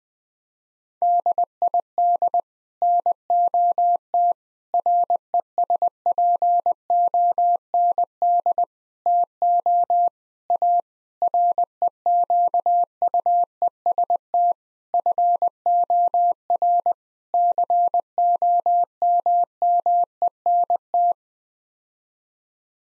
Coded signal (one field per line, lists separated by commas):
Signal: Morse code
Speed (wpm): 20 wpm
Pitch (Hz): 700 Hz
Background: none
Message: DID NOT RESPOND TO A REQUEST FOR COMMENT